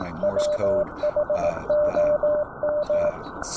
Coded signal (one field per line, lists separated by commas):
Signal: Morse code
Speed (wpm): 18 wpm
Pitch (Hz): 600 Hz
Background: speech, radio noise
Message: WHOM